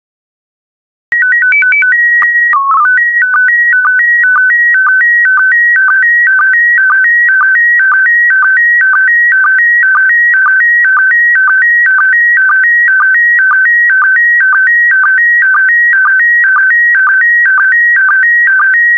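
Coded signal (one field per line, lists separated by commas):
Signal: SSTV (slow-scan television)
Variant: PD120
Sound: short warbling calibration header, then a steady buzzing two-pitch tone with regular clicks twice a second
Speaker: complete you can now check your decoded image against the picture that is shown on the video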